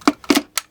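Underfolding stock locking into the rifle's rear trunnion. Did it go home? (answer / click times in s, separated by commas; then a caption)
yes / 0.6 s. The small release button at the rear of a Hungarian AK63D rifle from Century Arms is pressed and the metal underfolding stock is swung out to the open position, locking into the rear trunnion. Sharp metallic clicks and rattles come at about 0.1 and 0.3 s, followed by a loud metallic snap at 0.6 s as the stock locks open.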